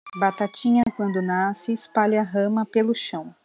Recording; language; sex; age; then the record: short text; Brazilian Portuguese; female; 30 to 39 years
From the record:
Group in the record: control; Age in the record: 37 years